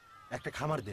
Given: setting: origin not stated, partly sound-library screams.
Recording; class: one-second piece from a danger detection set; normal situation